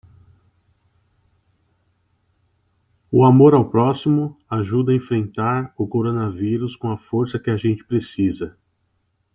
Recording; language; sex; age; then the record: spoken sentence; Brazilian Portuguese; male; 40 to 49 years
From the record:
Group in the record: control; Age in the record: 45 years